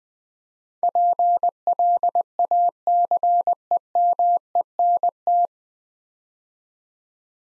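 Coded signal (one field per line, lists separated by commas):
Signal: Morse code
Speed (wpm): 20 wpm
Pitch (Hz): 700 Hz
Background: none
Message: PLACEMENT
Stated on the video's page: Morse practice drill at 20 wpm sending 9-letter words twice, for head-copy and word-recognition training.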